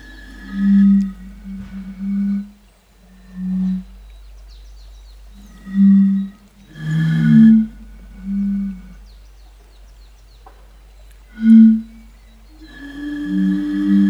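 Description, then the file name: European fire-bellied toad chorus: soft, low, rounded hoots from several callers at irregular intervals. "cnv 08-henrik olsson anders dahl - bombina bombina"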